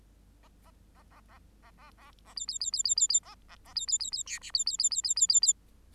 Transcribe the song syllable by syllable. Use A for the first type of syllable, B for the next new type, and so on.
A A A A A A A A A B B B B B B B A A A B B B B C D B B B B B B B B